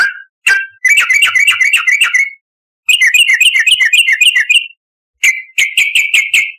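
Yellow-vented bulbul singing rapid strings of bubbly downward-slurred notes in several bursts with short silences between.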